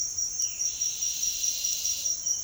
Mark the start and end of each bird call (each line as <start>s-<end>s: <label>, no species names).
0.37s-0.72s: bird call